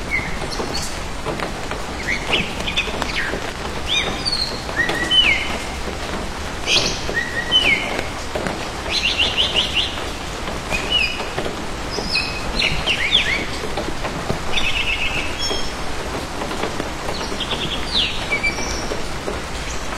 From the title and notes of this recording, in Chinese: 花园北村的清晨雨声。声音都是我亲自去田野里录的。